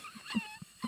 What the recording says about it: My stomach is going wild. It is like a deep sea vent.